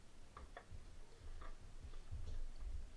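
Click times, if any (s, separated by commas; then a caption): 0.4 s, 0.6 s, 1.4 s. The plastic back case of an HP 19-3013W all-in-one PC is pressed onto the chassis, and its plastic retaining tabs pop into place one after another. Sharp snaps are heard at 0.4, 0.6 and 1.4 seconds over a low rumble. The tabs seat back in.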